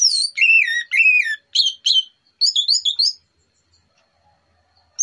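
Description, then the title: Orange-headed thrush song with clear, ringing downslurred whistles followed by rapid chattering notes, then near silence. Relaxed morning song, used as a lure. "Pancingan Anis Merah Plong Santai Pagi Hari"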